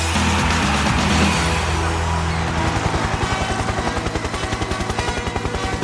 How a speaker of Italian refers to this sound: Ancora il rumore degli elicotteri.